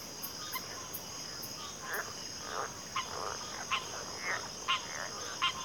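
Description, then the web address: Cricket chorus, a constant thin high trill, with several sharp croaking calls. Cricket chorus in a backwater. "WLL Grade 1-12 Pre-Uni Library Enter Natures Songs Sleep Sounds of Nature CRICKETS 03 Backwater Chorus"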